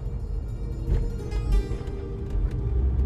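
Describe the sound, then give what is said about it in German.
A car driving along a narrow alley, a steady low engine rumble with road noise and a few brief rattles and bumps over about three seconds, no voices. “Mit seinem Auto fährt er mit mir die Gasse entlang, durch die die Fischer damals zogen.”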